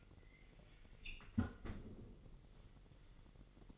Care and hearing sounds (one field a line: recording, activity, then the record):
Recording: daily activity, microphone in the room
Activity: close fridge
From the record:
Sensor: 4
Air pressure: 1002.8 hPa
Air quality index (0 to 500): 246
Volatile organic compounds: 18 ppm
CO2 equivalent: 2632 ppm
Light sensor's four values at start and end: 4/10/4/4 and 4/10/4/4